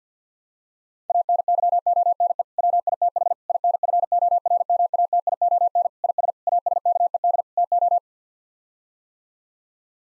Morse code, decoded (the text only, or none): ANYONE WITH INFORMATION IS ASKED TO